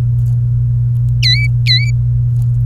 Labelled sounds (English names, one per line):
Domestic Canary song